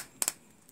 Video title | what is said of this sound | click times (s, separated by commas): 2012,2013,2014 Dodge Ram C/V Brake Light switch adjust | can adjust it that you heard the snapping noises you can adjust it in several different places until | 0.2 s, 0.3 s